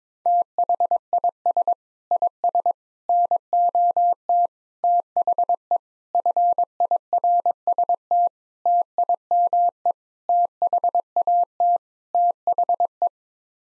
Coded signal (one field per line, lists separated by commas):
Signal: Morse code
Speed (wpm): 22 wpm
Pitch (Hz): 700 Hz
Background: none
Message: THIS IS NOT THE FIRST TIME THAT THE